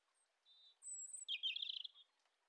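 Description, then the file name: European robin song opening with thin sustained whistles, then a short rapid jumbled trill. "Erithacus rubecula"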